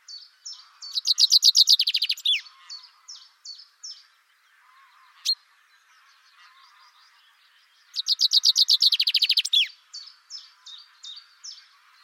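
Bird calls: two loud, rapid, buzzy trilled bursts, each about a second and a half long, separated by a series of short, high, down-slurred notes repeated several times a second.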